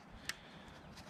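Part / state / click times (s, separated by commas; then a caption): pool leaf rake head onto telescopic pole / not seated / none. A pool leaf rake head is pushed onto the end of an aluminium telescopic pool pole, which has a spring button meant to snap into place. Quiet handling noise is heard, with one brief sharp tick at about 0.3 s. Nothing has seated or clicked yet.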